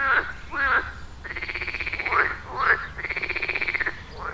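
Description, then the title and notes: Frog chorus of long, evenly pulsed rattling croaks lasting about a second, broken by short, sharp quacking calls. Frog chorus at the village pond in Wohlsborn, Germany; recorded with a TASCAM DR-40X. "Wohlsborn, Deutschland - Froschkonzert. Frog concert. Froschkonzert am Dorfteich in Wohlsborn"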